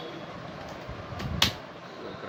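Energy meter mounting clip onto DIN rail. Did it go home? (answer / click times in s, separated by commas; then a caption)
yes / 1.4 s. A small digital energy meter, rated 80–300 V AC and 100 A and showing voltage, current, power factor and active kWh, is pushed onto a short DIN rail until its mounting lock clip engages. A single sharp click is heard at 1.4 s against low background noise. The clip locks and the meter is seated on the rail.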